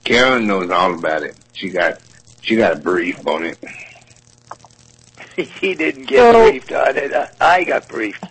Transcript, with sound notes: Carolyn knows all about it. She got, she got briefed on it.
So,
[chuckles] She didn’t get briefed on it, I got briefed.